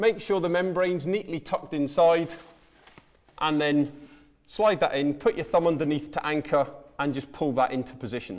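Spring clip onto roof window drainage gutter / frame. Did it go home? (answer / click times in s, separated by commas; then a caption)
no / none. A man talks while a spring clip is handled on the drainage gutter of a Velux centre-pivot roof window, with the membrane tucked neatly inside. The clip is slid in and pulled into position with a thumb underneath to anchor it, and a few faint handling taps are heard near 2.9–3.3 s. Nothing has clicked or seated yet.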